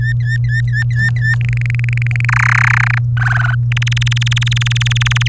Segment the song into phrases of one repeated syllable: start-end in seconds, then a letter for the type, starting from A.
0.00-1.35 A, 1.41-2.25 B, 2.29-2.98 C, 3.17-3.54 D, 3.72-5.28 E